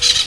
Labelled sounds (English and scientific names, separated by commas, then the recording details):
Brown-throated Parakeet (Eupsittula pertinax) contact call
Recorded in Venezuela
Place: Guárico; Corozopando; Fundo La Fe
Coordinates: 8.506, -67.593